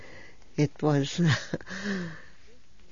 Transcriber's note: she laughs